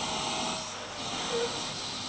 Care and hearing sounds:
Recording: daily activity, microphone in the room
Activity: vacuum cleaning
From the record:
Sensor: 3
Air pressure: 995.2 hPa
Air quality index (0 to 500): 68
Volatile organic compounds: 4 ppm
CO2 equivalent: 1538 ppm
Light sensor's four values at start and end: 18/53/22/19 and 18/53/22/19

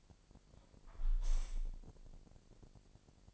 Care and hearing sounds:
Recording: daily activity, microphone in the room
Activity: close window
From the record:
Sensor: 5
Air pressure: 1000.0 hPa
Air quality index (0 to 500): 248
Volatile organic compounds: 34 ppm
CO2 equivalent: 3050 ppm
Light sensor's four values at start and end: 34/80/32/30 and 34/80/32/30

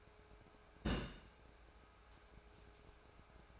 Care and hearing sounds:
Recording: daily activity, microphone in the room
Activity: place on stove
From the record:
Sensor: 2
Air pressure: 1010.2 hPa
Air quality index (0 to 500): 160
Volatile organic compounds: 7 ppm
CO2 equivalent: 2014 ppm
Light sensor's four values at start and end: 42/100/45/51 and 42/100/45/51

